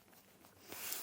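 A Thomas Payne Signature Swivel Glider RV Recliner with Footrest has the other side of its backrest pushed down so the second back bracket fits into the receiver on the chair base. Soft rustling builds into a broader scraping noise, then a click at 0.9 s shows the bracket locked into the base, matching the first side.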